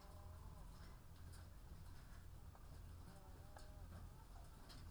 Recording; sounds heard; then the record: poultry house recording; sick chickens (respiratory disease)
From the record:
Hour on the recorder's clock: 14